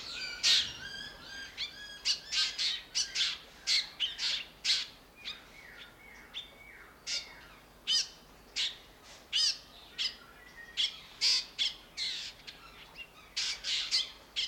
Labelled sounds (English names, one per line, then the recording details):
Black Drongo
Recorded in captivity
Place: Zoo Berlin, Berlin, DE
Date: 1992-07-11 10:40
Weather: bedeckt, z.T. Regen, 17-22°C
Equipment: Marantz CP 430, Sennheiser ME 80, Kopie Tesla B 116
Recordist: Tembrock, Günter